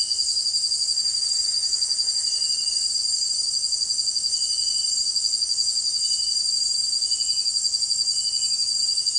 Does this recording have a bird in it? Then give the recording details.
yes. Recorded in secondary vegetation near Puerto Asís, Putumayo, Colombia, on 22 June 2025 at 18:00. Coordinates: 0.499, -76.323. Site G077